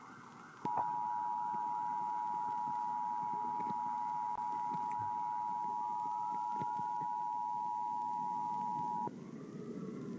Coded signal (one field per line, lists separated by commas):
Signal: Emergency Alert System (SAME) tones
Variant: 853 and 960 Hz attention tone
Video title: watching EAS scenarios and hanging out join plz part 2 (part 2 of part 2)